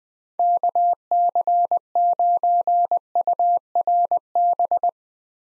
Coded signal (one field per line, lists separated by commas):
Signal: Morse code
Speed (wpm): 21 wpm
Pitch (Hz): 700 Hz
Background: none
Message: KC9URB